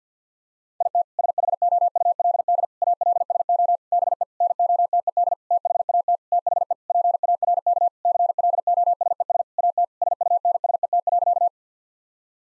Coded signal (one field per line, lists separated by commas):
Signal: Morse code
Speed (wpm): 50 wpm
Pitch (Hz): 700 Hz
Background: none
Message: IT SHOULD ALSO BE NOTED THAT THE PARK CLOSES AT SUNSET.